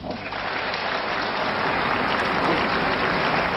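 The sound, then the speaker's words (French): Sustained applause from the public and standing left-wing deputies, joined by some right-wing deputies, as Robert Badinter leaves the rostrum after his speech on abolishing the death penalty; a dense, steady wash of many hands clapping at full loudness throughout, with no pauses and no speech over it. “Robert Badinter quitte la tribune sous les applaudissements du public et des députés de gauche qui tous se sont levés.”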